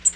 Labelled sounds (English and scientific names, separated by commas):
Tennessee Warbler (Leiothlypis peregrina) flight call